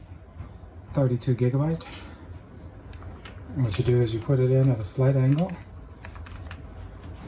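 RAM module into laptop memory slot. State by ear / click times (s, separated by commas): seated / 6.0 s, 6.5 s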